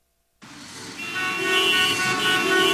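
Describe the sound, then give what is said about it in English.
A steady wash of traffic noise swells in, then several car horns blare in overlapping, sustained tones, holding loud and continuous as the honking builds toward the end. “Why be stuck in traffic when you could be outdoors?”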